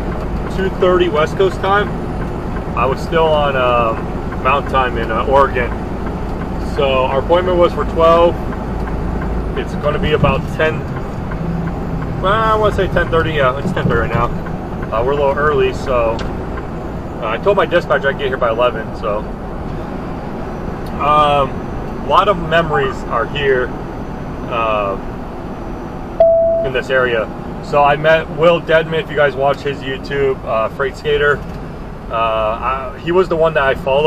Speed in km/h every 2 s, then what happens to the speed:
89, 90, 92, 90, 90, 90, 90, 90, 92, 92, 93, 93, 92, 87, 77, 69, 56.
0-23 steady at about 90. 23-34 brakes to 56.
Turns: none.